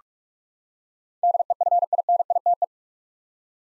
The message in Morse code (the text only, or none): DEFINITE